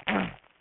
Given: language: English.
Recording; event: throat vibration sensor signal played as sound; throat clearing